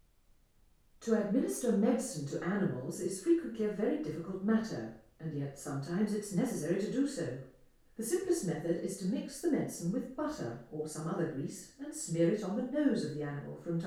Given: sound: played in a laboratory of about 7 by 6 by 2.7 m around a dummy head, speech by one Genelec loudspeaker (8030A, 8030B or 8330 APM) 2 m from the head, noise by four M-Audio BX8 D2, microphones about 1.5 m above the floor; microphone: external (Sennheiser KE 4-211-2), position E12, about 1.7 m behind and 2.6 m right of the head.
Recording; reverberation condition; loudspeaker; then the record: female speech in English; medium; behind (180 degrees)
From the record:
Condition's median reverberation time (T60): about 510 ms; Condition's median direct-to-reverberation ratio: about -0.5 dB